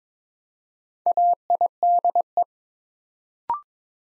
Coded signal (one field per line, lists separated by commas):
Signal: Morse code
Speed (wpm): 22 wpm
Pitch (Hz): 700 Hz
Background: none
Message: AIDE